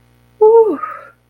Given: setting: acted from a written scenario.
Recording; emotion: vocal sound without words; relief